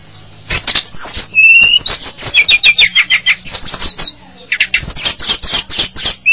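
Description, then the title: Java sparrow song: rapid dry clicking notes mixed with short whistled slurs and a flat drawn-out whistle, near-continuous chattering. "kicau gelatik"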